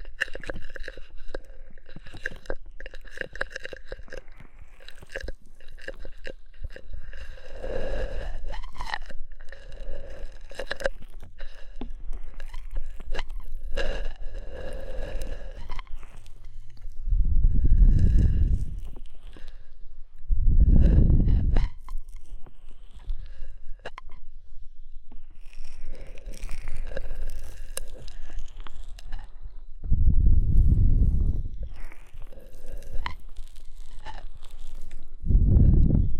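Oil and foam are worked over the ears in a massage, making crackly, crunching rubs and quick taps that come thick and fast. Deep, swelling rushes of rubbing rise and fade around 18, 21, 31 and 35 seconds, with a faint, steady low hum underneath.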